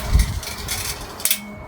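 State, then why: Seated. The side awning on a Garvee 8x5 steel-frame grill gazebo is raised to block wind or sun from one direction, and its adjustable support arm locks into the frame's height-level catch. A low rumbling handling noise opens the clip, then a sharp click sounds at 1.3 s. The arm is seated in position.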